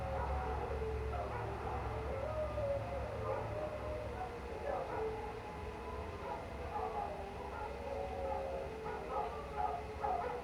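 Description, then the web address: Canines howling together, many wavering, sliding tones layered over each other, with a low hum and running water beneath. Pack of canines howling outdoors late at night in cold winter air, beside a man-made water fountain. "Minimal ambiences ambience outdoors late night, cold winter air, pack of canine howling into the night and man made water fountain"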